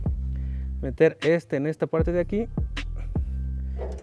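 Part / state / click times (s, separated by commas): hood gas strut end fitting onto its ball-stud mount / not seated / none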